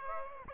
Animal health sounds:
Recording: mosquito wingbeat signal from an infrared sensor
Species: Aedes aegypti

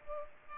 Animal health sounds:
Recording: mosquito wingbeat signal from an infrared sensor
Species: Culex pipiens

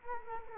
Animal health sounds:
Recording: mosquito wingbeat signal from an infrared sensor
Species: Culex quinquefasciatus

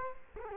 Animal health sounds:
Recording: mosquito wingbeat signal from an infrared sensor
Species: Culex quinquefasciatus

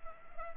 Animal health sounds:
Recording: mosquito wingbeat signal from an infrared sensor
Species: Culex pipiens

